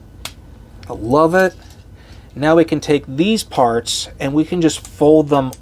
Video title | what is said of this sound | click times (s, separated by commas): Transformers Generations Titans Return Hyperfire & Blurr | they will snap into place | 0.2 s